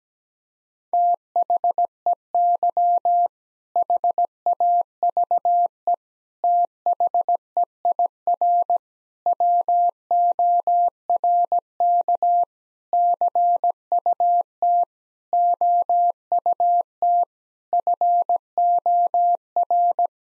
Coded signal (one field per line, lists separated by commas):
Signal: Morse code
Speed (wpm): 17 wpm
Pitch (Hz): 700 Hz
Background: none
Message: THEY HAVE THEIR WORK CUT OUT FOR